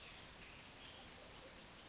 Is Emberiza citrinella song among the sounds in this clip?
no